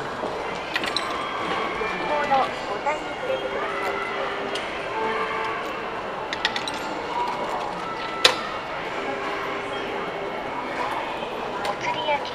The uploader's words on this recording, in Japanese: 東海道本線 普通列車 南大高→名古屋。東海道本線の普通列車はこまめに停車していくので、モーター音がよく聞こえます。名古屋に向かう人が続々と乗ってきてむしろ新快速よりも混雑します。４両編成。